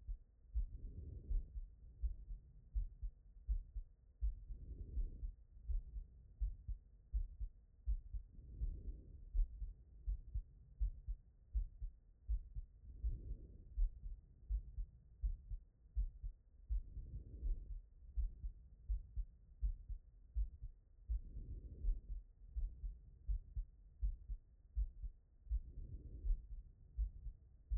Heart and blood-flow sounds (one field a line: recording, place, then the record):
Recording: heart sounds by stethoscope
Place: tricuspid valve (TV)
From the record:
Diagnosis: non-HFrEF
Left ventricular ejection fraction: 67%